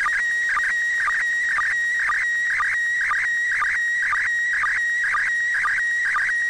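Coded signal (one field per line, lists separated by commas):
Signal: SSTV (slow-scan television)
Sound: warbling tone scanning lines with a short low sync chirp about twice a second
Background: radio static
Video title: SSTV Decode from International Space Station 145.800 MHz SDRplay RSPdx Vertical antenna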